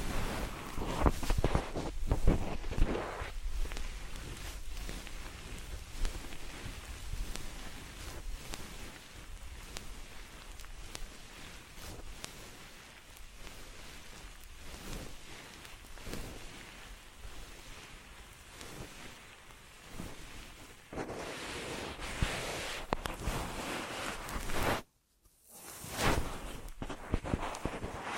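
Ear massage triggers: steady rubbing and brushing against the microphone, a dense, whooshing rustle with frequent scratchy strokes. The opening few seconds are louder and rougher, a brighter stretch of rubbing comes around 21 seconds, and the sound cuts out briefly near 25 seconds before resuming.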